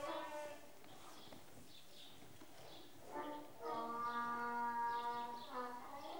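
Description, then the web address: Donkey bray: a short note at the start, a quiet stretch, then a long, steady note from about three and a half seconds and a final shorter note. Donkeys, more than one, braying in a shed while eating. "The BBC Sound Effects Library. Donkeys in shed braying eating"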